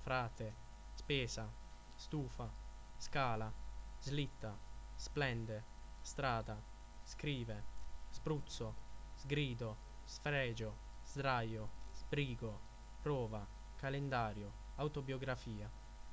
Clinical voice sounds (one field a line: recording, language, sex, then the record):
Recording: read list of words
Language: Italian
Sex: male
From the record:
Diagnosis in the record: healthy control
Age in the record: 24 years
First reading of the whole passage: 44 s, 11.7 characters per second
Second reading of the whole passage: 43 s, 11.9 characters per second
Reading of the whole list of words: 49 s, 5.7 characters per second